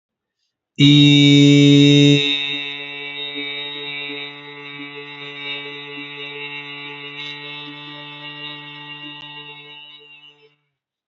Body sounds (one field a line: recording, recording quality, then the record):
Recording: sustained vowel as in beet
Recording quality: excellent, no background noise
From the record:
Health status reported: healthy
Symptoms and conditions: none ticked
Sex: male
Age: 21 years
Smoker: not ticked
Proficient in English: no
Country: India